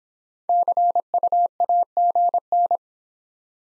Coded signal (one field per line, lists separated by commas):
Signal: Morse code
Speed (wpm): 26 wpm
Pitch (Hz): 700 Hz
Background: none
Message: CU AGN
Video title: Top 20 QSO Elements - Speed-Racing - 17wpm